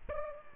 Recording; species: mosquito wingbeat signal from an infrared sensor; Culex pipiens